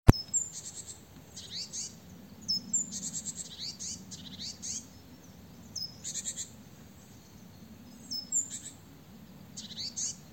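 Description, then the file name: Great tit rasping, noisy call bursts repeated irregularly, mixed with thin high piping notes, against a steady low rumble. "Parus major"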